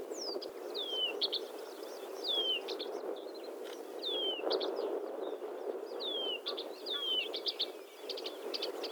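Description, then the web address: Blyth's reed warbler repeating a slurred descending whistle followed by short clicks, with pauses between phrases, against a constant low background hum. "Struikrietzanger graszanger-acrocephalus-dumetorum"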